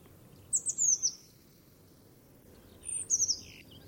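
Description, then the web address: Bird calls: two quick bursts of thin, very high notes sliding downward, a few seconds apart, over a faint low background hum. "cianscape. Deverinetal 2025. Bird Only"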